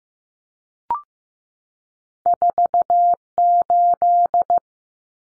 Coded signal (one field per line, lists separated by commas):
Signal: Morse code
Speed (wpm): 15 wpm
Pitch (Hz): 700 Hz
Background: none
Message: 48